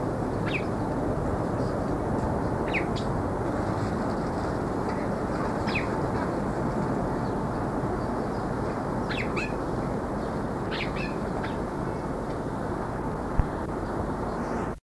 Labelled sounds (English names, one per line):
White-winged Grosbeak call